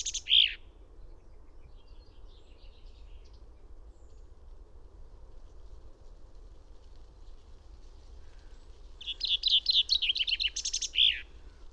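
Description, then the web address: Finch song: a sharp note opens, then after a long pause a fast, bright trill of repeated notes runs downward and finishes with an emphatic flourish; faint low hum throughout. "fugl b-finke"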